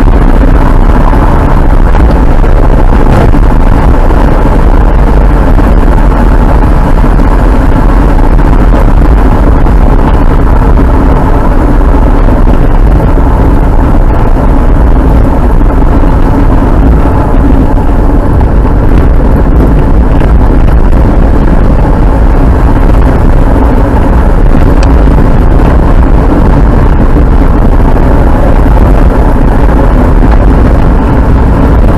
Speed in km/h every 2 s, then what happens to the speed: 75, 71, 72, 73, 71, 62, 57, 57, 51, 52, 56, 62, 63, 65, 64, 63.
0-7 steady at about 72. 7-16 slows to 51. 16-23 speeds up to 63. 23-32 steady at about 63.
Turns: none.